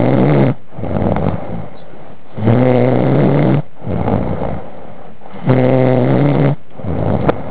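An adult snoring in sleep: loud, rumbling snores recur in a slow pattern of about 20 a minute, alternating with quieter, breathier breaths. Some snores have a strong low droning pitch, the typical sound of soft-tissue vibration in the upper airway during sleep.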